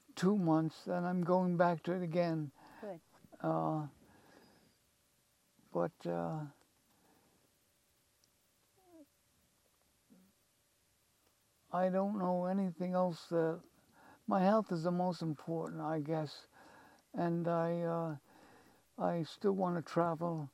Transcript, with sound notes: two months, and I'm going back to it again. Good.
But - [pause] I don't know anything else that - my health is the most important, I guess, and I - I still want to travel.